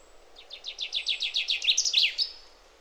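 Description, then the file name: Common chaffinch song of repeated falling notes in a brisk trill, finishing in a crisp terminal flourish over light background noise. "Fringilla coelebs"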